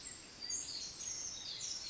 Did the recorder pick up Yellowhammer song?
no